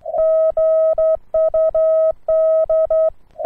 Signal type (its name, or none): Morse code